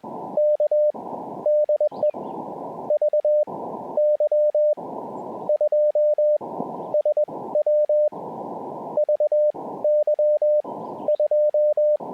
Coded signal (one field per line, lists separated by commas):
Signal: Morse code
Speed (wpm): 19 wpm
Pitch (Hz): 590 Hz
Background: radio noise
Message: K DE VY2SW VY2